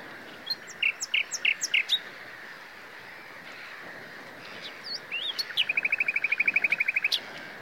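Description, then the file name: Common nightingale song: a burst of sharp repeated notes, a pause, then a fast rattling trill of evenly spaced clicks lasting about one and a half seconds, with background hiss. "Luscinia megarhynchos"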